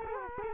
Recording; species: mosquito wingbeat signal from an infrared sensor; Culex quinquefasciatus